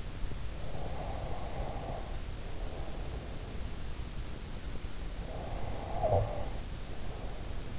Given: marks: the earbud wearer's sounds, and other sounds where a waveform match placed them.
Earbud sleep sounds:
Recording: sounds in sleep by an in-ear microphone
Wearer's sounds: breath, snoring breath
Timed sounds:
0.67-3.47 s: breath
5.15-7.79 s: snoring breath

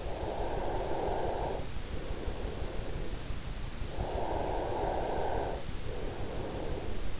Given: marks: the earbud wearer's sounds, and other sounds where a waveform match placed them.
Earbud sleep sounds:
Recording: sounds in sleep by an in-ear microphone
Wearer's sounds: breath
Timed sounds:
0.20-3.20 s: breath
4.20-7.20 s: breath

